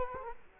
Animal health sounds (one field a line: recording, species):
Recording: mosquito wingbeat signal from an infrared sensor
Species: Culex quinquefasciatus